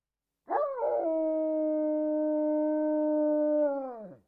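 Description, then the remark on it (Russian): A single long howl of a star wolf, a fictional beast, on seeing the corpse of its packmate, rolling across a wasteland: it opens with a wavering rise, holds a steady, loud, tonal pitch for about three seconds, then sinks lower as it fades out. “Правый звездный волк увидел труп собрата и взвыл.”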